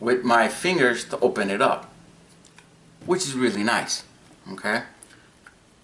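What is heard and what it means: A battery compartment door is being handled on a Sigelei 150W TC vape mod while someone talks, with a few faint ticks between phrases. Nothing has seated or clicked yet; the clip ends before the door goes home into the mod body.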